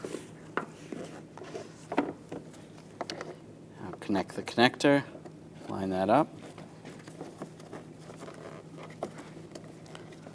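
A wiring harness connector is lined up with the back of a new headlight assembly on a 2014-2018 GMC Sierra while someone talks, with brief handling taps and light plastic knocks throughout. The clip ends before the connector goes home, and nothing has seated or clicked yet.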